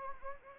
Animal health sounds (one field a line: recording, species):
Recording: mosquito wingbeat signal from an infrared sensor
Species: Anopheles gambiae